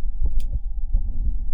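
Adult heart heard by stethoscope: a musical systolic murmur of mitral valve prolapse, resembling a cough. Such musical murmurs are usually high-pitched.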